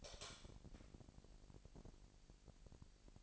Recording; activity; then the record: daily activity, microphone in the room; light on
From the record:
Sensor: 5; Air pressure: 1002.0 hPa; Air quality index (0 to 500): 234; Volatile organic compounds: 35 ppm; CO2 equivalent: 3059 ppm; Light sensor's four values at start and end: 16/37/15/16 and 16/38/16/17